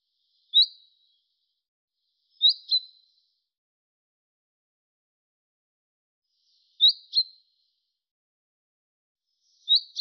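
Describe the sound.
Bird calls: four high, sharp chirps, some given as quick double notes, spaced a few seconds apart against a silent background.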